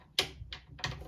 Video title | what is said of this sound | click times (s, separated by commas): Incredible Trick To Clean Your Oven Glass Door FAST | until you hear a click | 0.2 s